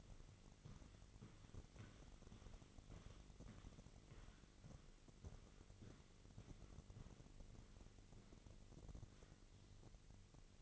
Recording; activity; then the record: daily activity, microphone in the room; walk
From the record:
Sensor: 4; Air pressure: 1002.4 hPa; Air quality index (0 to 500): 216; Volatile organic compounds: 12 ppm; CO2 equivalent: 2336 ppm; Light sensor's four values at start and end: 21/71/26/26 and 21/71/26/26